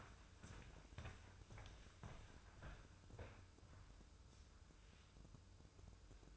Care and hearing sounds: daily activity, microphone in the room; walk to room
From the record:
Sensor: 2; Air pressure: 995.5 hPa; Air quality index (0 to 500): 80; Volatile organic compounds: 3 ppm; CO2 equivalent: 1438 ppm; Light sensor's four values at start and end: 23/74/29/28 and 24/76/30/29

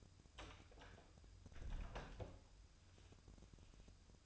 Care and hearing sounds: daily activity, microphone in the room; close door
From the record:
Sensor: 2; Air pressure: 1004.9 hPa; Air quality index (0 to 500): 75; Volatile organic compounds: 1 ppm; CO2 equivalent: 888 ppm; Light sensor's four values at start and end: 7/17/7/7 and 7/17/7/7

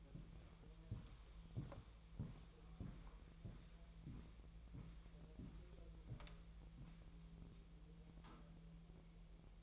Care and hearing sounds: daily activity, microphone in the room; walk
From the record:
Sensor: 1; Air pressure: 1002.0 hPa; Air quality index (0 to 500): 238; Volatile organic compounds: 95 ppm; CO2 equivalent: 3721 ppm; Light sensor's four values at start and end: 8/19/8/9 and 8/20/8/9

